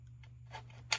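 A DeWalt jigsaw's metal base (shoe) is tilted from the 45-degree detent back to the zero-degree detent. Faint ticks and a soft sliding scrape play over a steady low hum, then a sharp, loud click sounds at 0.9 s as the bevel base seats into its zero-degree detent.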